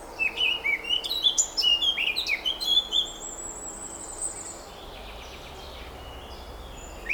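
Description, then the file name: Eurasian blackcap calls: a quick run of high, sharp chirps and short whistled notes for about three seconds, then a few fainter scattered notes over steady background hiss. "Sylvia atricapilla"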